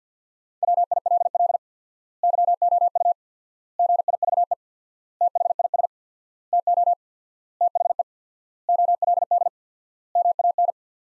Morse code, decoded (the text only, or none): WILL YOU GIVE THIS TO THE OLD MAN